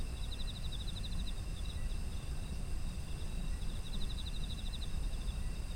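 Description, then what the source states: Insects trilling in two rapid pulsed bursts a few seconds apart, with a constant high ringing chorus and a low steady rumble beneath. Autumn insect ambience.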